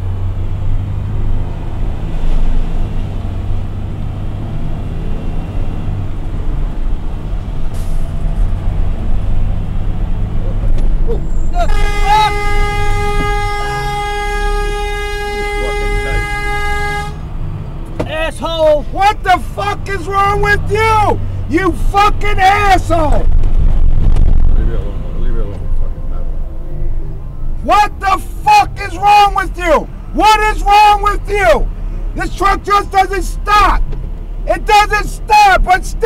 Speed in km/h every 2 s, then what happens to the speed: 23, 31, 37, 42, 47, 34, 10, 6, 11, 11, 16, 23, 24, 18, 8, 0, 0, 0.
0-9 speeds up to 47. 9-13 brakes to 6. 13-24 speeds up to 24. 24-30 brakes to 0. 30-36 standing.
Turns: none.